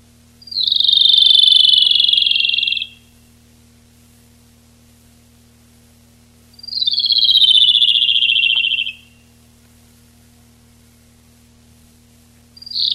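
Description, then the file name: Rufous-tailed robin singing two descending rapid trills about four seconds apart, with the start of a third at the end. Recorded 19–22 July 1991. "Lsibilans 3 19-22 07 91"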